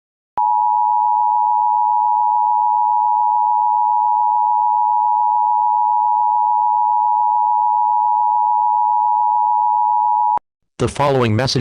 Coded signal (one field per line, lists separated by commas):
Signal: Emergency Alert System (SAME) tones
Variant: 853 and 960 Hz attention tone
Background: speech